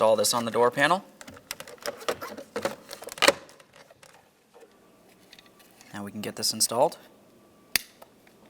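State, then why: Seated. While reinstalling the door panel during a front door lock actuator replacement on a 2000-2006 Chevrolet Tahoe, a plastic electrical connector is pushed onto the door panel switch. Someone talks over scattered handling clicks and rustling, then one sharp, loud click at 7.8 s marks the connector seating.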